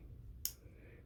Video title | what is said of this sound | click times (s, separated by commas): How to Remove Fix Stuck 7 3L HIPOP Lines | and when you hear it snap in it's good to go all right now | 0.5 s